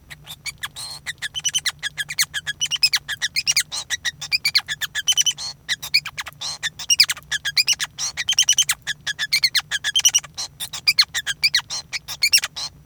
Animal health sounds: song of a male Bengalese finch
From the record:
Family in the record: son of father 5

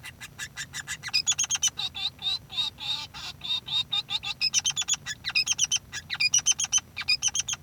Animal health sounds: song of a male Bengalese finch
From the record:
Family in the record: son of father 3

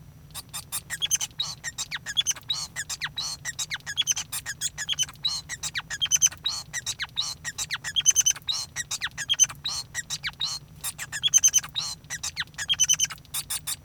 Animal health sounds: song of a male Bengalese finch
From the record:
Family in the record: son of father 5

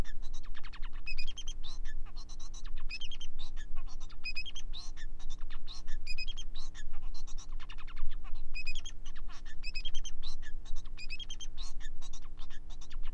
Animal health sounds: song of a male Bengalese finch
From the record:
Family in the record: son of father 4

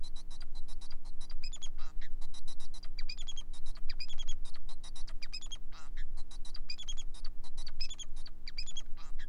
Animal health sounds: song of a male Bengalese finch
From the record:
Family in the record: son of father 4

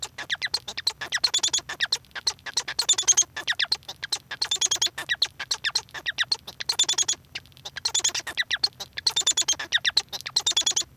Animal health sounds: song of a male Bengalese finch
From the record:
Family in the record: son of father 1

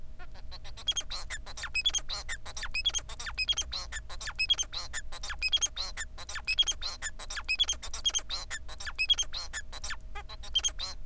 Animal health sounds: song of a male Bengalese finch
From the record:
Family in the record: son of father 4

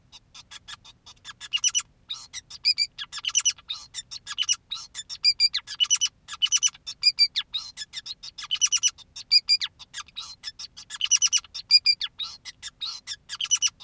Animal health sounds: song of a male Bengalese finch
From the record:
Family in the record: son of father 2, and himself father 5

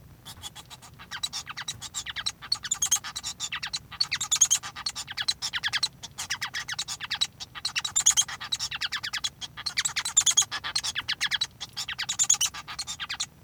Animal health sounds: song of a male Bengalese finch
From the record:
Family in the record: son of father 1

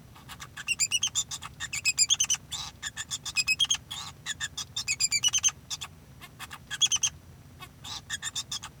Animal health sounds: song of a male Bengalese finch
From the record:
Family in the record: son of father 2

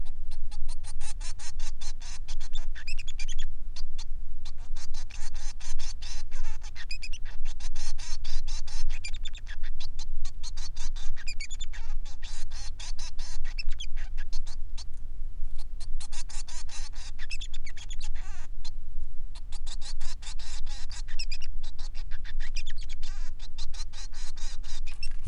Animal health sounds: song of a male Bengalese finch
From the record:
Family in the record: son of father 3

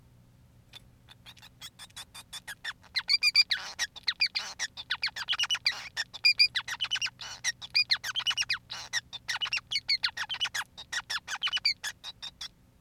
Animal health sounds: song of a male Bengalese finch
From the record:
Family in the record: son of father 5

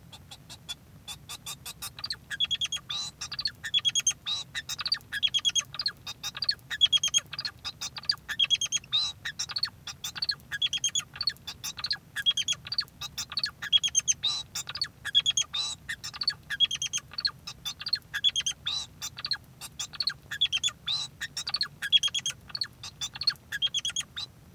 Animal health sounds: song of a male Bengalese finch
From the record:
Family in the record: son of father 2

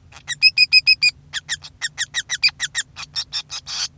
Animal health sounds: song of a male Bengalese finch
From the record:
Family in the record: son of father 5

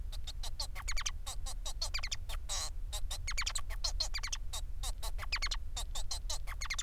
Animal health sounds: song of a male Bengalese finch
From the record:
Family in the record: son of father 4

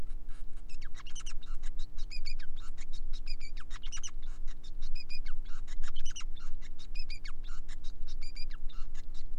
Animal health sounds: song of a male Bengalese finch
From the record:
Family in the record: son of father 5

